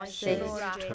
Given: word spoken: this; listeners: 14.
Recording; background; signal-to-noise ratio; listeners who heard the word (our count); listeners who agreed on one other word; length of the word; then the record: one English word in noise, from a listening test; four-talker babble; -1.8 dB; 0 of 14; 6 of 14; 0.54 s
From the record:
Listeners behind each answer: 6, 3, 2, 1, 1, 1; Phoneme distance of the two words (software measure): 17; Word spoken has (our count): 1 syllable, 3 phonemes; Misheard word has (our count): 1 syllable, 4 phonemes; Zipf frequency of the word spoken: 6.89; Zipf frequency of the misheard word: 5.47